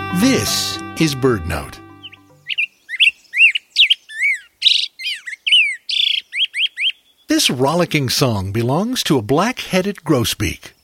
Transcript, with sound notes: This is BirdNote! [Black-headed Grosbeak song] This rollicking song belongs to a Black-headed Grosbeak.